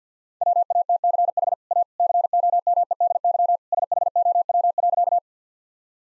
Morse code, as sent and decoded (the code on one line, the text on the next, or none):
.-- .- - -.-. .... / .- / -.-. --- -- . -.. -.-- / ... .... --- .-- .-.-.-
WATCH A COMEDY SHOW.